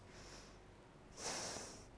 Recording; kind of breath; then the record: one breath in and out by a microphone near the nose and mouth; deep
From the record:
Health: marked as sick, illness not named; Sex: female